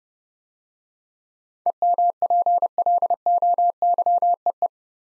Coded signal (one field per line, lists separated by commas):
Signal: Morse code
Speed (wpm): 28 wpm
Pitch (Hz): 700 Hz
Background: none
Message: EMPLOYEE